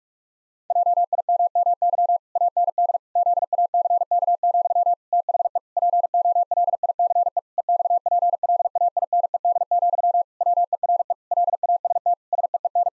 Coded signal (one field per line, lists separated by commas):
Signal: Morse code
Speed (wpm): 46 wpm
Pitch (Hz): 700 Hz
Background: none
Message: JIMMY AND ZACK, THE POLICE EXPLAINED, WERE LAST SEEN